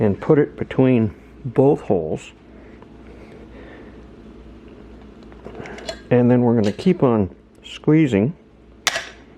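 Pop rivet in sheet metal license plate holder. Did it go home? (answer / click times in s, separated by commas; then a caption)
yes / 8.9 s. A pop rivet is set through both holes in two pieces of 16 gauge sheet metal on a license plate holder for a 2011 CBR 600 RR motorcycle. Someone talks while a rivet tool is squeezed, and faint clicks from the tool are heard. At 8.9 s the mandrel snaps off with a loud, sharp crack, and the rivet is set.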